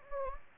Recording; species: mosquito wingbeat signal from an infrared sensor; Anopheles gambiae